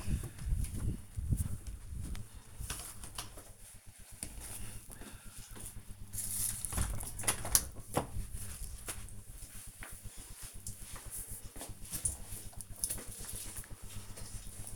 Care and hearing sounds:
household activities, microphone on the right wrist
0.00-6.89 s: window cleaning
12.91-14.76 s: drinking

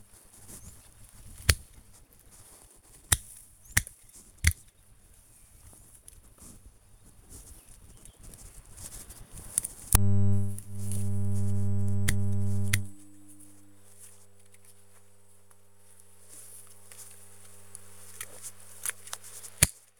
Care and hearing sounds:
household activities, microphone on the right wrist
0.00-19.99 s: cutting wood

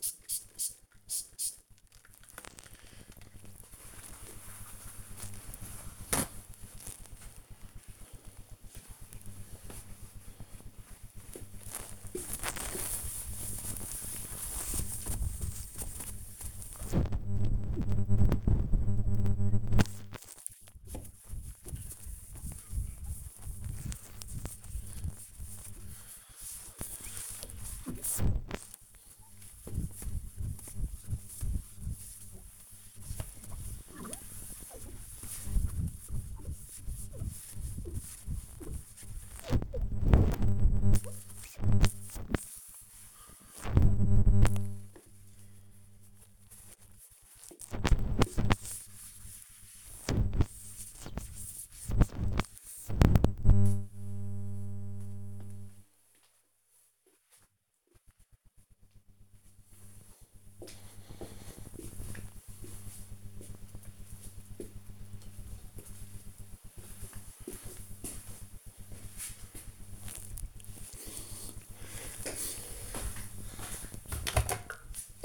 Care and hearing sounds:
household activities, microphone on the right wrist
0.00-54.77 s: window cleaning
73.88-75.25 s: making tea

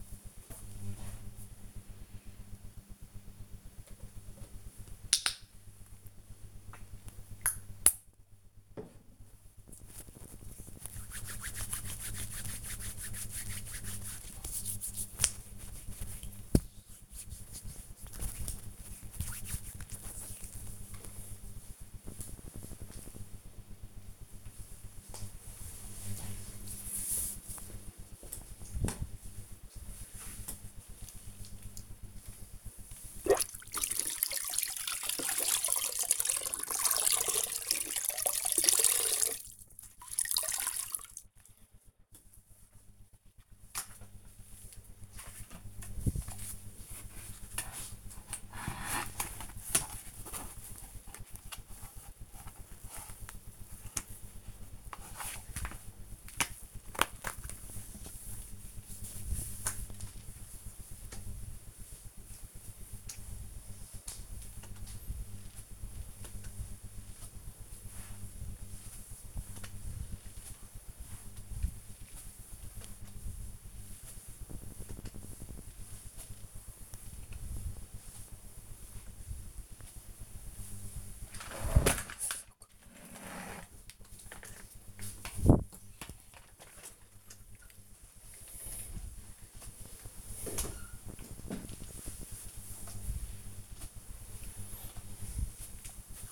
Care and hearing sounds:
household activities, microphone on the right wrist
3.35-20.51 s: disinfecting hands
31.60-96.31 s: floor cleaning

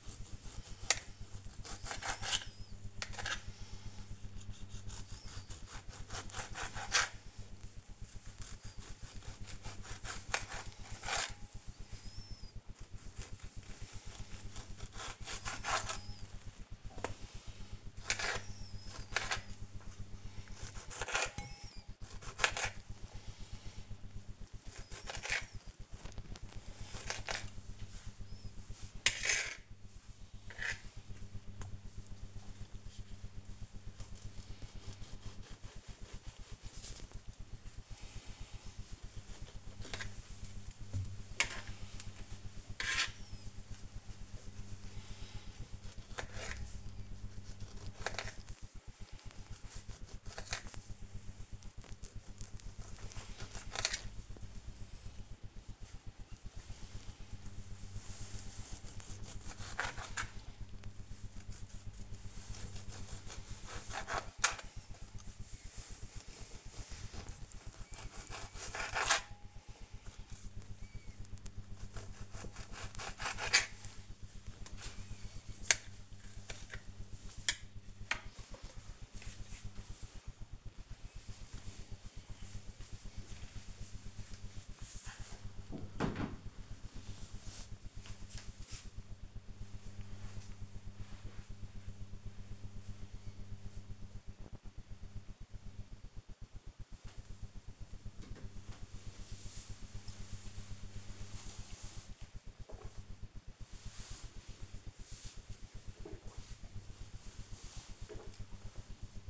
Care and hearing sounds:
household activities, microphone on the right wrist
0.00-78.03 s: cutting vegetables
98.13-109.30 s: drinking

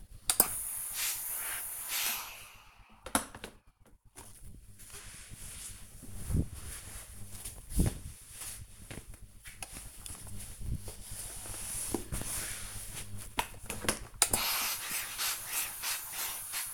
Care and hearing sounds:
household activities, microphone on the right wrist
0.00-16.74 s: ironing laundry

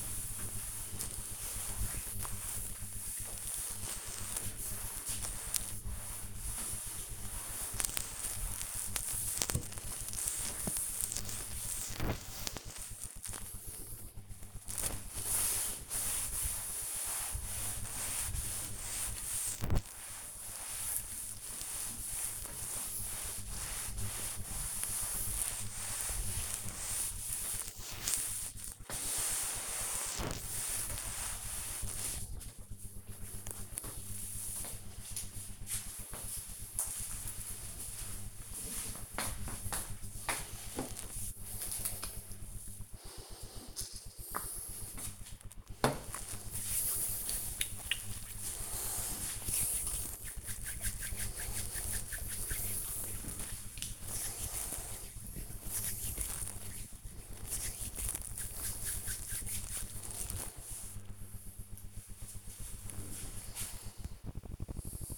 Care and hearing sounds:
household activities, microphone on the right wrist
0.00-32.13 s: cleaning table
41.18-60.27 s: disinfecting hands

